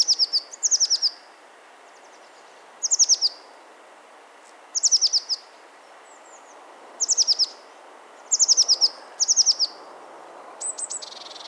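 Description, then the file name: Eurasian blue tit giving short bursts of four to six thin, high, descending notes, repeated at irregular intervals, with a brief buzzy note near the end. "Cyanistes caeruleus"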